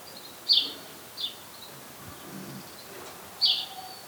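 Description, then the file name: House sparrow chirps: three short, bright cheeps, two close together near the start and one more about two seconds later, over a soft steady background hiss. "Passer domesticus"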